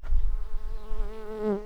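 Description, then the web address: Early bumblebee buzzing, a steady droning hum that wavers slightly, over low rumbling noise. Workers. "bumblebees Pratorum-workers"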